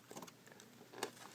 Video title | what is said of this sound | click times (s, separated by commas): BMW E65 E66 Lower Coolant Hose Leak FIX Sensor O-Ring Problem | um I did kind of hear a small pop so that might have been it all right now | 1.0 s